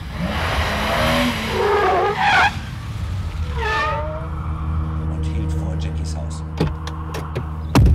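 A green MG sports car roars at high speed down Holland Park Avenue, its tires squealing in two sharp, wavering bursts, then the engine settles into a low steady rumble broken by a couple of abrupt clunks.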